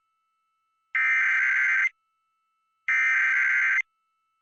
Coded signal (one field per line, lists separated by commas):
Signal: Emergency Alert System (SAME) tones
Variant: header bursts